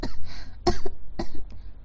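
A run of short, harsh coughs from an adult woman, several in under two seconds, right at the start, a cough she has every day.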